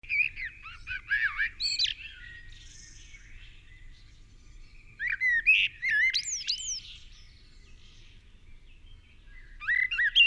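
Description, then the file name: Common blackbird singing three phrases of mellow warbled notes with squeaky high flourishes, separated by several seconds of near silence. "Turdus merula"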